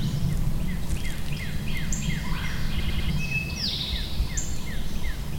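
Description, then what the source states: Birds calling with a series of quick descending chirps repeated regularly, plus higher whistles, over a low humming background. Birds recorded at Shawnee.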